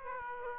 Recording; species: mosquito wingbeat signal from an infrared sensor; Aedes aegypti